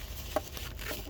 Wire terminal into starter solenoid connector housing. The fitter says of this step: yep that's it just uh go in there until you hear the click